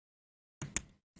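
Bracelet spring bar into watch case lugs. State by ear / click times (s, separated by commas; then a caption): seated / 0.8 s. One end of a metal watch bracelet is fitted between the steel case lugs, and its spring bar snaps into its hole with a sharp metallic click at 0.8 s. A softer contact sound at about 0.6 s comes just before it. The spring bar is seated in the lugs.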